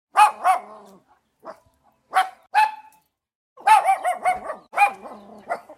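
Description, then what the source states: Dog barking sharply in short bursts, mostly in pairs, then a rapid cluster of harsh barks. Small dog, barking angrily.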